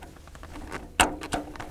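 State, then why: Seated. Hydraulic hose couplers from a no-till drill are pushed into a tractor's rear secondary remote ports, with a few light knocks and clacks of the metal fittings. A sharp click at 1.3 s marks a coupler locking into place.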